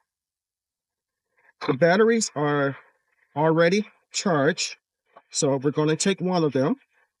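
A charged plastic battery pack is being handled for fitting onto the base of a small cordless handheld chainsaw, a SeeSii 6 inch model. Someone talks throughout, with a faint short tick near 1.5 s. Nothing has seated or clicked yet.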